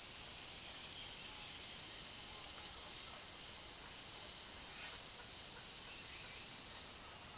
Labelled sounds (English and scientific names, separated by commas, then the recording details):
Silvered Antbird (Sclateria naevia), Bananaquit (Coereba flaveola)
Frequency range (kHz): Bananaquit (Coereba flaveola) 6.6-10.0 kHz
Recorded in dense forest near Puerto Asís, Putumayo, Colombia, on 18 February 2024 at 09:30
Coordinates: 0.502, -76.326
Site G6460